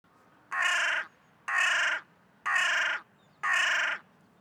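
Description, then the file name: Carrion crow giving four harsh, raspy caws, each about half a second long, spaced roughly one second apart, with a quiet background. "Corvus corone"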